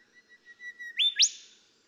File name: Golden Whistler